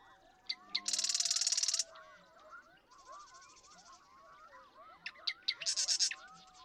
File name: Marsh Wren